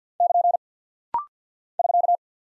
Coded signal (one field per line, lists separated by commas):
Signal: Morse code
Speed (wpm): 48 wpm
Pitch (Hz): 700 Hz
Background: none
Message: <KN> <SK>